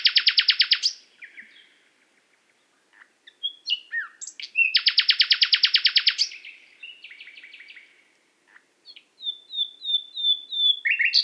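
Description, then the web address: Nightingale song: loud machine-gun rattles repeated twice with scattered notes between, then a short run of thin whistles and rising chirps. Qatar. "qatar birds qatar birds nightingale"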